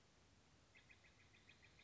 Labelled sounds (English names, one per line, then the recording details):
Steller's Jay
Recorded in Sonoma County, California